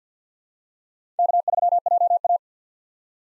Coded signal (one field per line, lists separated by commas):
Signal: Morse code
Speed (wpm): 50 wpm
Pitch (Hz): 700 Hz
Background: none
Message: K3JA